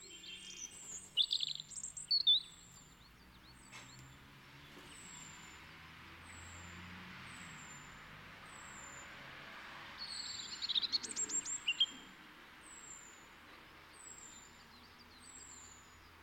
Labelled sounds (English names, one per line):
European Robin song